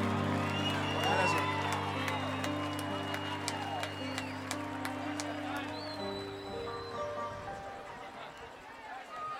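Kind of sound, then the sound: crowd, audience applause and cheering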